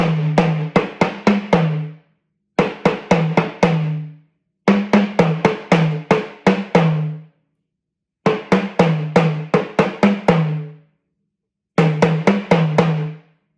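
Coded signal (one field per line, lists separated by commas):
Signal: talking drum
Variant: Yoruba sakara drum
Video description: Playing "Ọsan gangan ni aṣa o gbe" with the Yoruba Orunsha Sakara talking drum by Jammal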